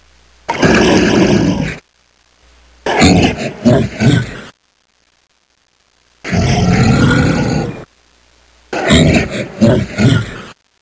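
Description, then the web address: Bear growls in four rough, rumbling bursts, each lasting one to two seconds, separated by short silences; the second and fourth bursts pulse in throaty waves. "Soundsation. Animals Bear"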